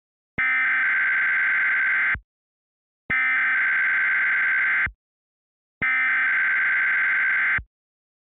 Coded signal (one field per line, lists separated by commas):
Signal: Emergency Alert System (SAME) tones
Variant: header bursts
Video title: EAS Mock: Erm where's Grays harbor WA?